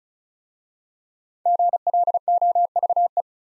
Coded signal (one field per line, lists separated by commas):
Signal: Morse code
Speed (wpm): 36 wpm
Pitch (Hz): 700 Hz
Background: none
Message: GLOVE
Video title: Easy Words with Hints - 35wpm